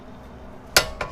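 A click-type torque wrench tightens a replaced brake caliper bolt on a Toyota Camry to 76 foot-pounds, torqued a second time to make sure. Against a low background, the wrench gives a sharp metallic click at 0.8 s, followed by a fainter tick at about 1.0 s. The click confirms the bolt has again reached its set torque.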